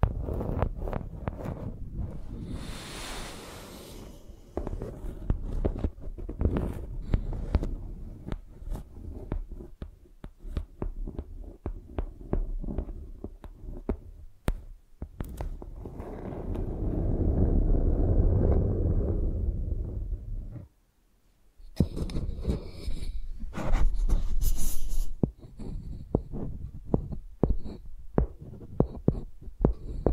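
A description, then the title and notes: Microphones used like pencils: dense, irregular taps and scrapes with a heavy low thump, in quick uneven bursts. Around 16–21 seconds a steady rough rubbing swells, then a brief near-silence before sharper, brighter scratches and clicks return toward the end. ASMR Using Mics as Pencils (No Talking).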